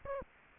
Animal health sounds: mosquito wingbeat signal from an infrared sensor; Aedes aegypti

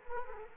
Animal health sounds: mosquito wingbeat signal from an infrared sensor; Culex quinquefasciatus

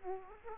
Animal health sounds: mosquito wingbeat signal from an infrared sensor; Aedes aegypti

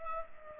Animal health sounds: mosquito wingbeat signal from an infrared sensor; Culex pipiens

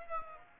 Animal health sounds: mosquito wingbeat signal from an infrared sensor; Aedes aegypti

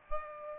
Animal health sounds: mosquito wingbeat signal from an infrared sensor; Aedes aegypti

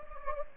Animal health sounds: mosquito wingbeat signal from an infrared sensor; Anopheles gambiae

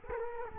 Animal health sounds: mosquito wingbeat signal from an infrared sensor; Culex quinquefasciatus

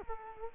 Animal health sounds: mosquito wingbeat signal from an infrared sensor; Culex quinquefasciatus

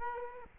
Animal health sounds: mosquito wingbeat signal from an infrared sensor; Culex quinquefasciatus

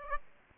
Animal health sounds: mosquito wingbeat signal from an infrared sensor; Aedes aegypti

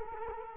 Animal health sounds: mosquito wingbeat signal from an infrared sensor; Culex quinquefasciatus

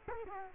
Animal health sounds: mosquito wingbeat signal from an infrared sensor; Culex quinquefasciatus

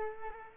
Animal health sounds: mosquito wingbeat signal from an infrared sensor; Culex quinquefasciatus

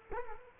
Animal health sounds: mosquito wingbeat signal from an infrared sensor; Culex quinquefasciatus

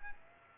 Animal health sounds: mosquito wingbeat signal from an infrared sensor; Aedes aegypti

